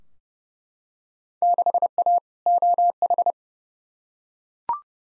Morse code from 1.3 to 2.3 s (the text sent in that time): 6A